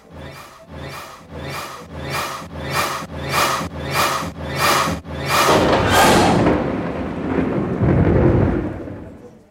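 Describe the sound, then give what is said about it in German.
A series of rhythmic, evenly spaced crackling pulses gives way to a deep, loud rolling rumble of thunder from an approaching thunderstorm that swells and lingers, with no voices present. “ob das Gewitter, das ihr Schalaim gleich zudecken würde,”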